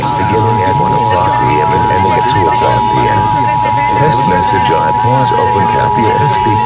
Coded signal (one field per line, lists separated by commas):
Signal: Emergency Alert System (SAME) tones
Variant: 853 and 960 Hz attention tone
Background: speech